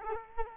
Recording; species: mosquito wingbeat signal from an infrared sensor; Culex quinquefasciatus